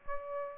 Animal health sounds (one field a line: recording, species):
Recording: mosquito wingbeat signal from an infrared sensor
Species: Aedes aegypti